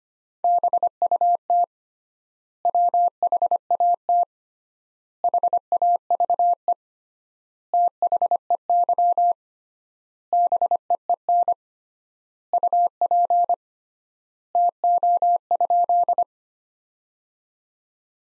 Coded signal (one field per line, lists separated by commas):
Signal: Morse code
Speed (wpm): 25 wpm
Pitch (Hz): 700 Hz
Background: none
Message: BUT WHAT HAVE THEY BEEN UP TO?